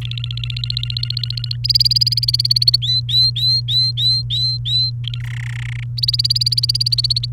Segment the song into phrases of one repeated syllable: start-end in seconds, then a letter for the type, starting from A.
0.01-1.56 A, 1.64-2.76 B, 2.82-4.90 C, 5.04-5.19 A, 5.20-5.84 D, 5.97-7.25 B